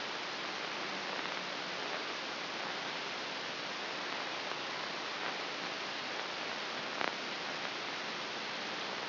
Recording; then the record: brain microelectrode recording played as sound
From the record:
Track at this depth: outside the subthalamic nucleus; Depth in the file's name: 7.505 mm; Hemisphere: left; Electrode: 3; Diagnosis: Parkinson's disease